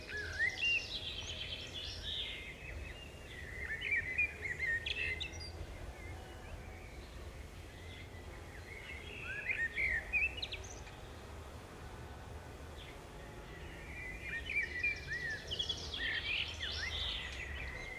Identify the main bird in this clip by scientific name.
Turdus merula